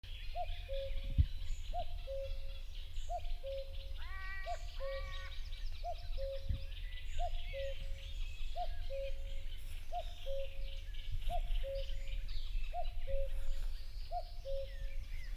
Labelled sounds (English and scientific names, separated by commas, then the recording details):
Common Cuckoo (Cuculus canorus)
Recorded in the wild
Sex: male
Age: adult
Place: Parsteinwerder, Parsteiner See, Brandenburg, DE
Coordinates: 52.9578, 13.9717
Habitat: wood
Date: 2007-06-06
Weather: bedeckt, ca. 15°C, windstill
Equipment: Sound Devices 702, Sennheiser MKH 416 T, Windkorb
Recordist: Frommolt, Karl-Heinz